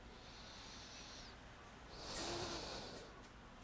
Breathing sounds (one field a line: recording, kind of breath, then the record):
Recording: one breath in and out by a microphone near the nose and mouth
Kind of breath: deep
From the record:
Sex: male